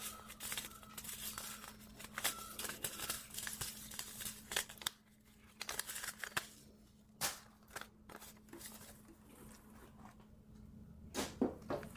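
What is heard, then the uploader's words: Paper seed packets are shuffled and sorted with a steady run of crisp rustles and light taps, densest in the first five seconds. After a brief lull, scattered sharp clicks and flicks return near seven and eight seconds, with a cluster of louder handling near the end. A low steady hum runs underneath. Sorting Seed packets. Sorting packets of seeds.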